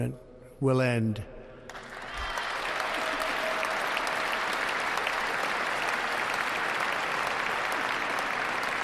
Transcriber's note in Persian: applause